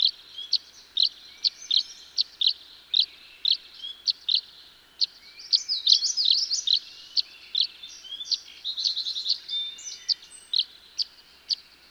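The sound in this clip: Tree swallow calls: short high chirps repeated steadily, with a burst of liquid twittering midway.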